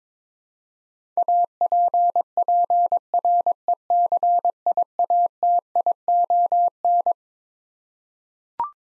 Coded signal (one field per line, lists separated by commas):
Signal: Morse code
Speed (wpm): 21 wpm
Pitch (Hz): 700 Hz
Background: none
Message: APPRECIATION